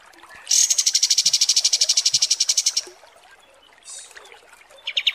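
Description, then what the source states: Kapas tembak song: a rapid, high buzzy train of pulsed notes lasting about two seconds, then short bursts of similar high notes after a pause. Masteran training recording of kapas tembak song.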